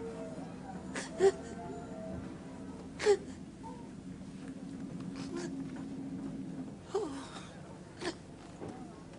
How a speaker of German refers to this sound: Nicht weinen